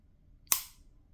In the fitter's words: Very positive click.